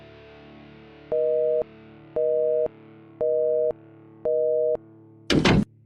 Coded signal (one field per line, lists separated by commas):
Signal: telephone call progress tone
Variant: North America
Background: music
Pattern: busy tone